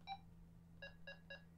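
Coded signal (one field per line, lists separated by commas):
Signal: none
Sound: radio's key beeps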